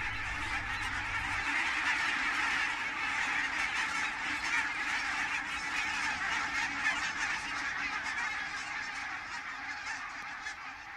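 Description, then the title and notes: Barnacle Goose flock calling, a steady wall of high, barking honks overlapping constantly, with a faint low rumble at the very start. "Viikon luontoääni: Valkoposkihanhi. Asko Hauta-aho. Yle"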